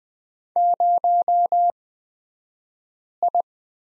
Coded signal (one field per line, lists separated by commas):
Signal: Morse code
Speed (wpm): 20 wpm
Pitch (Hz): 700 Hz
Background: none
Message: 0I